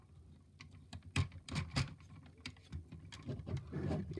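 A plastic combiner toy leg section is pushed into its slot on the leg robot, with a series of small plastic clicks and taps. The part seats into place with the loudest snap at 1.2 s.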